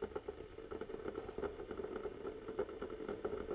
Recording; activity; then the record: daily activity, microphone in the room; make coffee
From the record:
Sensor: 4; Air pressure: 1002.9 hPa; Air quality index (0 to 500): 246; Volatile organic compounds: 20 ppm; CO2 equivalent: 2676 ppm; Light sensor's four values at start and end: 4/10/4/4 and 4/10/4/4